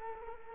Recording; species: mosquito wingbeat signal from an infrared sensor; Culex quinquefasciatus